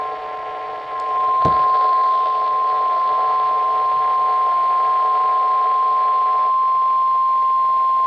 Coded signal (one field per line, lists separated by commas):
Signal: Emergency Alert System (SAME) tones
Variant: 1050 Hz attention tone